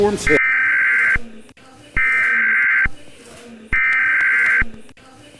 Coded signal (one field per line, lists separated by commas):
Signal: Emergency Alert System (SAME) tones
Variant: header bursts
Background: speech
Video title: EAS SCENARIO #42: i-Ready